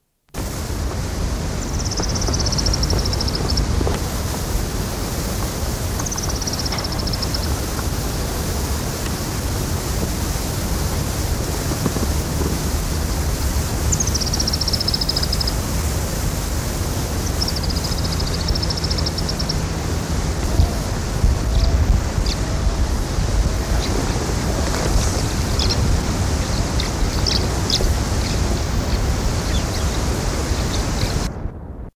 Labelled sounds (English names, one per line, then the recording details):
Plain Prinia song
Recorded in the wild
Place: Jodhpur, IN
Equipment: Halbspur, 9,5 cm/s
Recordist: Lütgens, Hans
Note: Gesang, dann "Trupp" (?)